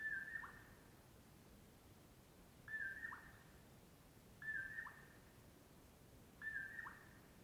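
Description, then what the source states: Common Poorwill song: four clear whistled two-part phrases, each ending in a quick drop, repeated about every two seconds. Recorded at dawn near Colockum Pass off Brewton Road while camping; mellow "poor-will-low"; the poorwill sings before other morning birds; crepuscular nightjar.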